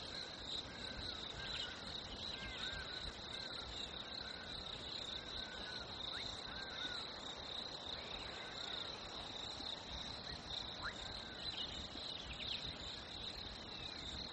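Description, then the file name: Crickets in a steady high continuous trill throughout, with a few faint brief bird notes. Nature ambience of crickets with birds, labelled fresh winter. "ATMO NATURE Fresh Winter Crickets Birds"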